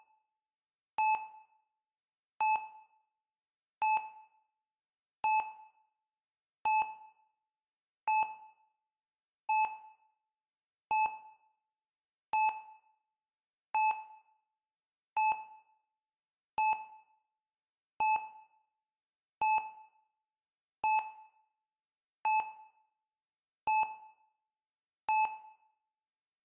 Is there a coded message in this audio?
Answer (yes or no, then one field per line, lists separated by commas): no